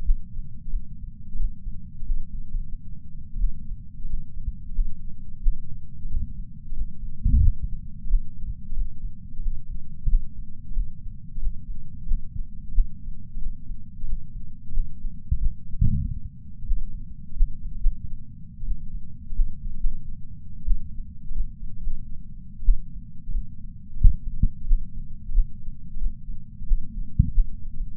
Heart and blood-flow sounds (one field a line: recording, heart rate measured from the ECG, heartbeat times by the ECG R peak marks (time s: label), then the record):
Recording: heart sounds by patch sensor on the chest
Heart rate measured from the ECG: 93 bpm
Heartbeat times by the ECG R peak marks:
0.04 s: heartbeat
0.72 s: heartbeat
1.39 s: heartbeat
2.05 s: heartbeat
2.75 s: heartbeat
3.39 s: heartbeat
4.08 s: heartbeat
4.74 s: heartbeat
5.38 s: heartbeat
6.08 s: heartbeat
6.75 s: heartbeat
7.42 s: heartbeat
8.09 s: heartbeat
8.76 s: heartbeat
9.42 s: heartbeat
10.08 s: heartbeat
10.75 s: heartbeat
11.41 s: heartbeat
12.07 s: heartbeat
12.71 s: heartbeat
13.41 s: heartbeat
14.07 s: heartbeat
14.73 s: heartbeat
15.37 s: heartbeat
15.81 s: heartbeat
16.67 s: heartbeat
17.35 s: heartbeat
17.80 s: heartbeat
18.67 s: heartbeat
19.35 s: heartbeat
19.80 s: heartbeat
20.66 s: heartbeat
21.34 s: heartbeat
21.80 s: heartbeat
22.21 s: heartbeat
22.64 s: heartbeat
23.33 s: heartbeat
24.00 s: heartbeat
24.66 s: heartbeat
25.33 s: heartbeat
26.00 s: heartbeat
26.67 s: heartbeat
27.33 s: heartbeat
27.92 s: heartbeat
From the record:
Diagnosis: coronary artery disease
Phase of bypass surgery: postoperative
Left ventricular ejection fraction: 56.9%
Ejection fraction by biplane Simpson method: 54%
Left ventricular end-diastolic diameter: 47 mm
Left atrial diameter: 43 mm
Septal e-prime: 5 cm/s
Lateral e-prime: 5.3 cm/s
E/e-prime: 10.9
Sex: male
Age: 77 years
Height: 160 cm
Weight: 79.5 kg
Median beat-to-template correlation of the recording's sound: 0.62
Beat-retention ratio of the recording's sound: 1.00